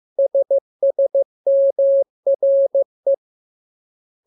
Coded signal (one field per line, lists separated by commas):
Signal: Morse code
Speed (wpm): 15 wpm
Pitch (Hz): 550 Hz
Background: none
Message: SSMRE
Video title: Learning Morse Code. Lesson 5. Letter KMURES